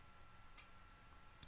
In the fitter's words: finally I heard that click there we go